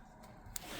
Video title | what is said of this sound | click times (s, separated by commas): Dodge Grand Caravan(2008-2020)Passenger Seat Armrest Replacement/CHRYSLER TOWN & COUNTRY (2008-2016) | and press it in until it clicks. | 0.6 s